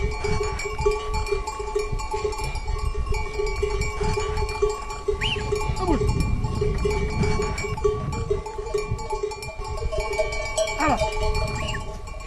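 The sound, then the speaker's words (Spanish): A herd of about 200 goats, grazed to clear firebreaks with firefighters near Robledo, Spain, between the Sierra de Guadarrama and Sierra de Gredos, moves along with many cowbells clanking and ringing in a steady metallic jangle, a few bleats rising above the clatter over a low rumbling background. “tengo 200 cabras y colaboro con bomberos en hacer cortafuegos para franjas indicadas y hago todo lo posible para que quede bien hecho.”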